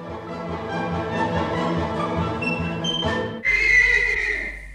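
animal, horse neighing

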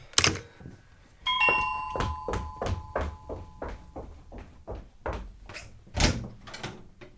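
household object, doorbell ringing

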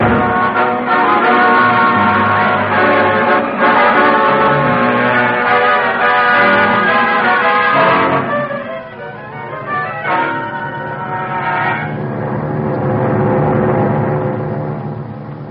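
signal or alarm, ringing bell

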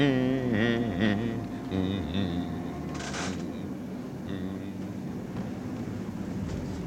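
vehicle, tram approaching

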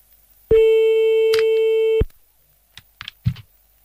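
signal or alarm, telephone busy signal

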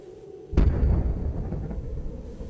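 sound effect, explosion

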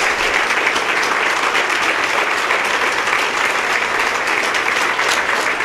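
crowd, audience applause

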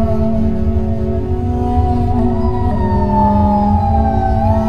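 signal or alarm, police sirens

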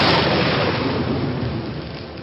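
nature, thunder crash

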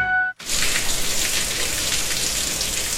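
food or drink, bacon sizzling and spitting

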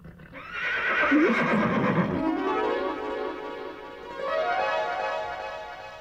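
animal, horse neighing

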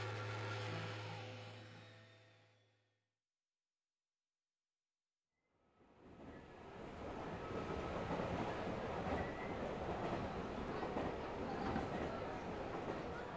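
vehicle, train running on rails

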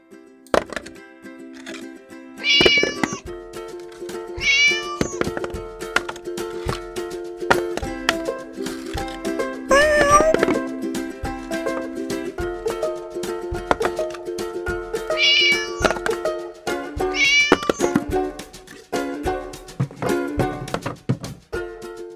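animal, cat meowing

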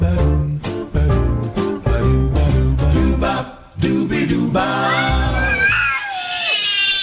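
animal, cats fighting and caterwauling

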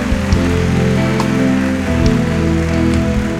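crowd, audience applauding

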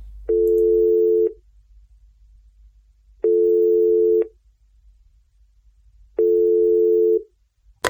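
signal or alarm, telephone call ringing tone

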